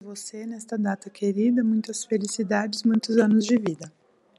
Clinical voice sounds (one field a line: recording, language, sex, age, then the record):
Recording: short text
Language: Brazilian Portuguese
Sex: female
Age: 30 to 39 years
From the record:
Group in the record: control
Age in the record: 37 years